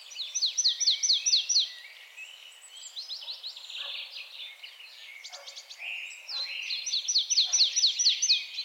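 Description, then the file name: Marsh tit: a rapid string of sharp, falling notes at the start and again at the end, with softer chattering between. "Poecile palustris"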